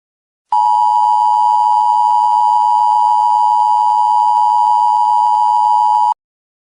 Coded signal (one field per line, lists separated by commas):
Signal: Emergency Alert System (SAME) tones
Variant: 853 and 960 Hz attention tone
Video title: EAS Scenario - Combine Invasion